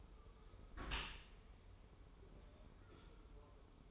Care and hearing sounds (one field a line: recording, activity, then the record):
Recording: daily activity, microphone in the room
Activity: close dishwasher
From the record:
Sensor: 1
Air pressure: 1015.0 hPa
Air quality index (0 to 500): 24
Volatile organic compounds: 0 ppm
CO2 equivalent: 500 ppm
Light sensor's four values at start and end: 13/30/12/14 and 13/30/12/14